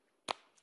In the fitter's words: you heard that it's solid click